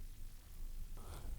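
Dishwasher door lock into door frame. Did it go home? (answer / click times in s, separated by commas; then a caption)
no / none. A Siemens dishwasher door lock is oriented and lined up, screw-hole side, before it is pushed home into the door frame; it only goes in one way. A steady broadband rush and low rumble are heard, growing a bit fuller after about 1.0 s, with no distinct click. Nothing has seated or clicked yet.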